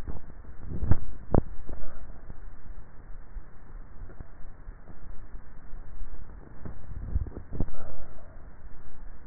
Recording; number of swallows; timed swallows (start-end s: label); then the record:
swallowing sounds by neck microphone; 2
0.49-1.49 s: swallow
6.82-7.82 s: swallow
From the record:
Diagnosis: dysphagia